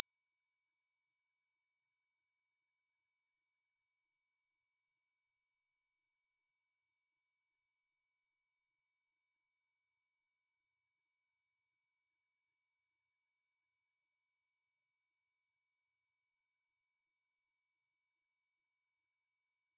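A pure sine tone at 5628 Hz holds completely steady for the full twenty seconds, high and piercing, with no change in pitch or loudness. Nothing else is heard around it, just the single unbroken whistle-like note against silence.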